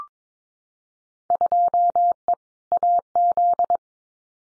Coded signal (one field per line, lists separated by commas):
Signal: Morse code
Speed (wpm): 22 wpm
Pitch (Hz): 700 Hz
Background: none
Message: 2E AZ